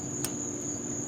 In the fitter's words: and you heard that click